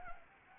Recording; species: mosquito wingbeat signal from an infrared sensor; Anopheles arabiensis